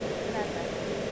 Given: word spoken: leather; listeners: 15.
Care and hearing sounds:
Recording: one English word in noise, from a listening test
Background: speech-shaped noise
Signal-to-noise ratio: -6.8 dB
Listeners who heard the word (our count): 2 of 15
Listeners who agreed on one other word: 8 of 15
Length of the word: 0.71 s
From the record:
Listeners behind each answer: 8, 3, 2, 1, 1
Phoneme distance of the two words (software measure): 17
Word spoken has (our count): 2 syllables, 4 phonemes, stress on syllable 1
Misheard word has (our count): 2 syllables, 5 phonemes, stress on syllable 1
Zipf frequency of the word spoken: 4.16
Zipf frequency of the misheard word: 4.71

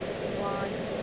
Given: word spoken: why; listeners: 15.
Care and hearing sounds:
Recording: one English word in noise, from a listening test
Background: speech-shaped noise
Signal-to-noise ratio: -4.2 dB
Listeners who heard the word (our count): 4 of 15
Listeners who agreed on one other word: 10 of 15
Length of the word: 0.63 s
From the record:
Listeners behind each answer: 10, 4, 1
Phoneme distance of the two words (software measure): 7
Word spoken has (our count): 1 syllable, 2 phonemes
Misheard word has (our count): 1 syllable, 3 phonemes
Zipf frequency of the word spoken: 6.02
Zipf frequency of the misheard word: 4.84

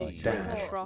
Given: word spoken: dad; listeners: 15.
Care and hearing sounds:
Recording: one English word in noise, from a listening test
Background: four-talker babble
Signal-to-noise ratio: 0.6 dB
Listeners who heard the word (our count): 4 of 15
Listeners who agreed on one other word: 6 of 15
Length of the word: 0.46 s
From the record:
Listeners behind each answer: 6, 4, 1, 1, 1, 1, 1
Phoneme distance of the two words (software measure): 10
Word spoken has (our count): 1 syllable, 3 phonemes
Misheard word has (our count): 1 syllable, 3 phonemes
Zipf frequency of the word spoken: 5.41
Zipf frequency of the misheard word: 3.99

